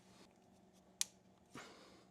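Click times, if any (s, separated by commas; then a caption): 1.0 s. A fuel feed line quick-connect coupling is pushed onto the fuel rail of a Honda in a tight spot. After low handling noise, a sharp click at 1.0 s shows it has seated, followed by a broader rustling burst around 1.5 s and a brief tick near 2.1 s. The line is then to be tugged to check it is not falsely on.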